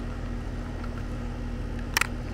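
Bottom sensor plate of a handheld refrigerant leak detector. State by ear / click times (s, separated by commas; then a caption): released / 2.0 s. After the release button on the back of an Inficon Stratus D-Tek handheld refrigerant leak detector is pressed, the unlocked plastic bottom plate holding the battery and sensor is pulled off over a steady low hum. A sharp double snap rings out at 2.0 s and 2.0 s as the plate comes free and is released.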